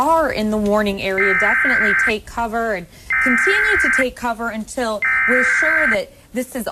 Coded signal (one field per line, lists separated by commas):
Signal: Emergency Alert System (SAME) tones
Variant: header bursts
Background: speech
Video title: June 3, 2008 Severe/Tornado Warning Coverage: Southwest Ohio